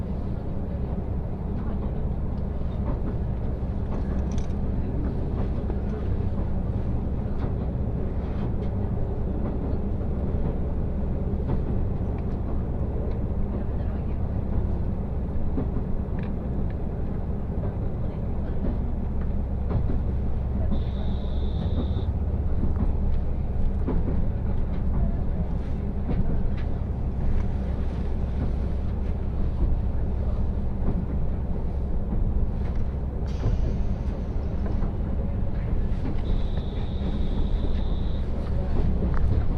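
A ride on the Tokushima Line's Ai Yoshinogawa trolley train, with a steady, heavy low rumble of the running train that never lets up. Faint clicks and rattles run throughout, and short high squealing tones appear around 21, 33 and 37 seconds.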